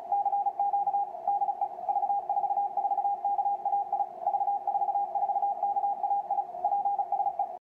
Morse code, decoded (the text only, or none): CQ DE V44KAI V44KAI PSE